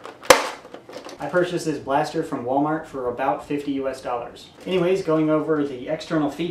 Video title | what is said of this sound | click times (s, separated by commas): [REVIEW] Nerf Elite Mega Centurion Review & Firing Test | the primary handles will pop into place | 0.3 s